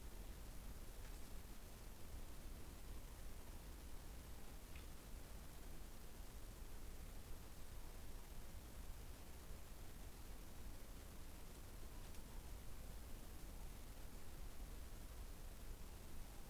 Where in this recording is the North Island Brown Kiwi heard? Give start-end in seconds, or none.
none